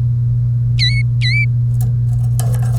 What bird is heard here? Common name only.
Domestic Canary